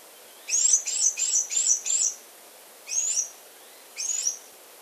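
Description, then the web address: Blue-winged mountain tanager calls: a quick run of five thin, high chipping notes, then two more single bursts after short pauses, over faint background hiss. Ecuador. "Birds of Ecuador. Blue-winged Mountain-Tanager"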